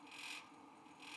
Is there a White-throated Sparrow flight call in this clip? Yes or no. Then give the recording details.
no. No flight call is heard. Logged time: 10:12 on 5 December 2014